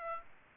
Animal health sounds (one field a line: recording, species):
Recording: mosquito wingbeat signal from an infrared sensor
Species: Aedes aegypti